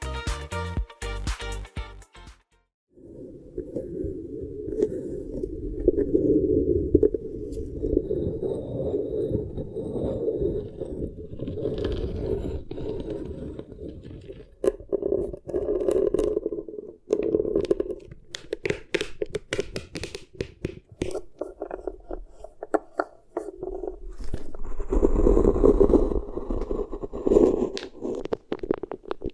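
Beeswax being pressed and kneaded, a dense low crinkling rub that runs steadily from about three seconds on, broken by sharp clicks and sticky crackles.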